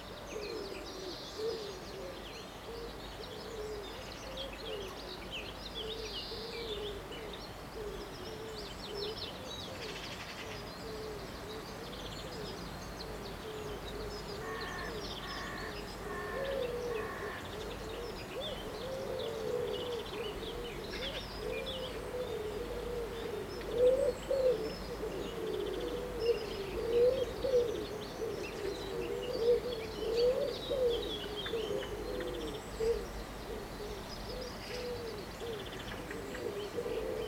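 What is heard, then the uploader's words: Birds call steadily in a country setting, dominated by low, dense cooing or hooting that runs throughout and grows busier and louder in the second half. Fainter, higher chirps and twitters sit in the background, with a short run of evenly spaced notes around fifteen seconds. The Original Radio Birdsong. The original recordings, made in Quentin Howard's Wiltshire garden, were digitally mixed into a soundscape by Doug Ford (from Skywalker Sound) to produce this now famous recording of Radio Birdsong. Birds and country sounds.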